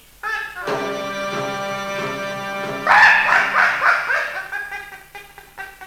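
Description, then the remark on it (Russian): A dog named Murada, out on a hunt, gives drawn-out, whining, bark-like yowls, then breaks into a louder flurry of rough barking before trailing off in short, sharp yips. No one speaks. “Этот пес мешает мне охотиться! Замолчи!”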